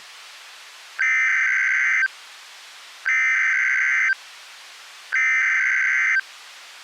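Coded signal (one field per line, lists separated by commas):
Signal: Emergency Alert System (SAME) tones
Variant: header bursts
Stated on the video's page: Simulated EAS alert, a mock scenario remade in a longer version.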